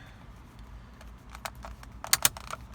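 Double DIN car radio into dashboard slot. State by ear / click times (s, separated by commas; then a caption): seated / 2.1 s, 2.2 s. A Mercedes MCS-1 double DIN car radio is pushed into the dashboard opening with gentle pressure, with faint rubbing and light plastic taps before it. The retaining clips on both sides click sharply at 2.1 s and 2.3 s, and the radio is seated in the dash.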